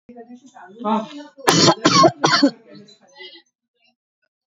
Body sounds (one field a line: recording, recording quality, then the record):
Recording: heavy voluntary cough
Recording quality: excellent, no background noise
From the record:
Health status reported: healthy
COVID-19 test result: negative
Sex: female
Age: 49 years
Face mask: not worn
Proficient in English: yes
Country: India